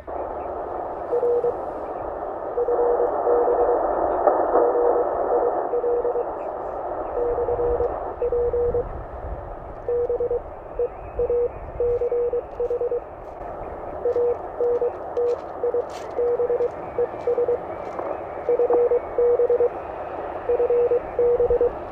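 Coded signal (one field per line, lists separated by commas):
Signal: Morse code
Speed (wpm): 23 wpm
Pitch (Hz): 480 Hz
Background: radio noise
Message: R FB GIL /P BEACH ANTIBES FB FB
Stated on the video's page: CW QSO with a station near London on a K1 radio at the beach, with some fading and noise, for copying practice.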